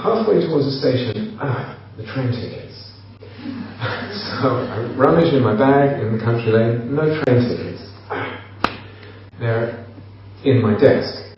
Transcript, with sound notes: Halfway towards the station, ugh, the train tickets. [laughter] I rummaged in my bag in the country lane. No train tickets. They were in my desk.